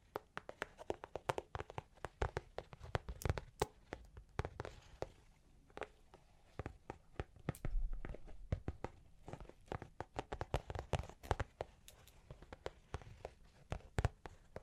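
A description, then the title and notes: Long claws tap and scratch in quick, uneven bursts of sharp clicks, several per second across the whole span. Between the taps come brief rough scraping passages, the busiest around five and eight seconds, over a faint low murmur. Long Claws Tapping and Scratching (No Talking).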